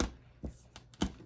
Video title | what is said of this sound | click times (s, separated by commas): FLL RePLAY Board Set Up | the top so you're going to push from the base of the model anywhere there's dual lock and again you get that really nice satisfying click | 0.0 s, 0.9 s, 1.0 s